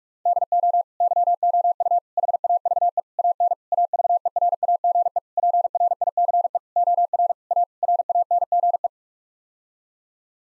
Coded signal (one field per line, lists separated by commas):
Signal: Morse code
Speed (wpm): 42 wpm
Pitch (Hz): 700 Hz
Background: none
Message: DO YOU HAVE AN AVERAGE PRICE OR A RANGE